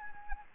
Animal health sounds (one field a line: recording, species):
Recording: mosquito wingbeat signal from an infrared sensor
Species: Anopheles arabiensis